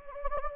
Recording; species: mosquito wingbeat signal from an infrared sensor; Anopheles gambiae